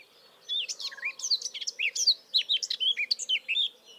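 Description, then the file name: Eurasian blackcap singing a continuous bright warble of quick, varied whistled notes that dip and rise for over three seconds, with a faint low background hum. "Sylvia atricapilla"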